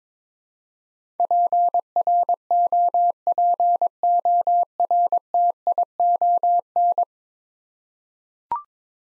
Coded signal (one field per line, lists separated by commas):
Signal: Morse code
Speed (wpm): 22 wpm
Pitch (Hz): 700 Hz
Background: none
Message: PROPORTION